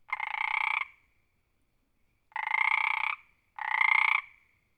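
Frog croaking, three pulsed rattling croaks, each under a second, the last two close together.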